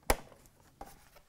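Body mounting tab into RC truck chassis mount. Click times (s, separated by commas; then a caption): 0.1 s. A plastic body-mount tab on an Arrma Fury 1/10 short course RC truck is pushed by hand into its holder on the chassis mount and seats with a sharp, audible click at 0.1 s. A fainter knock follows at about 0.8 s.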